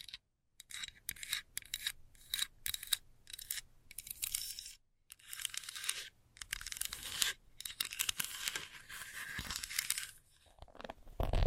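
Fast scratching comes in rapid, dense bursts of bright, rough strokes, broken by short silences near one, five and ten seconds.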